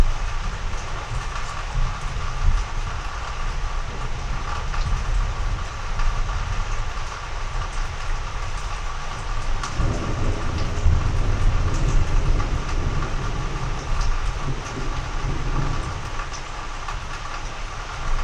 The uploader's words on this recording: Slow rolling thunderstorm in the East Texas region. Texas Thunderstorm.